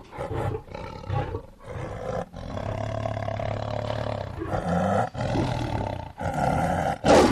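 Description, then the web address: Lion giving long, low rumbling moans separated by short breaks, ending in a harsher burst. "big cats|lions"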